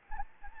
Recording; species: mosquito wingbeat signal from an infrared sensor; Anopheles gambiae